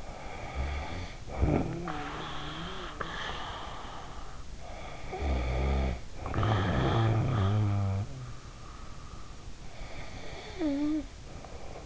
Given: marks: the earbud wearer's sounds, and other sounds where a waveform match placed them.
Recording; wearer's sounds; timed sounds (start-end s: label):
sounds in sleep by an in-ear microphone; snoring breath
0.00-4.43 s: snoring breath
4.68-8.83 s: snoring breath
9.73-11.86 s: snoring breath